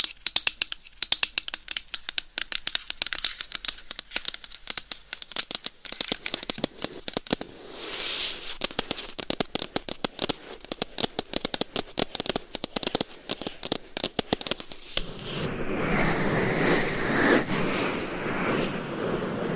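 Claws scratch and tap against a microphone in quick, irregular bursts of sharp clicks, dense through most of the clip. Around eight seconds and again from fifteen seconds on, the tapping gives way to a steadier, louder rubbing scratch that fills in the gaps.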